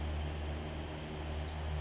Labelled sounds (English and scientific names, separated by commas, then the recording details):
Pacific Wren (Troglodytes pacificus)
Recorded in Sonoma County, California